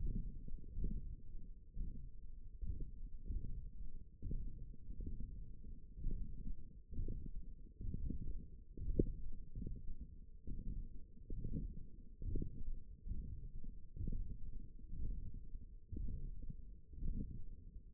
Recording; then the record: forearm muscle sounds (acoustic myography)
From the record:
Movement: radial deviation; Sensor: system 1, eight BSWA MPA416 microphones around the upper forearm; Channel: 4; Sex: male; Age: 23 years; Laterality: right